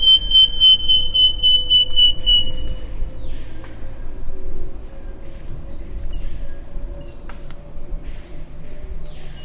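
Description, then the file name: Wing-banded wren song: a run of about eight clear, evenly spaced whistled notes on one high pitch, then fading, over a steady shrill insect drone. "canto do uirapuru de asa branca"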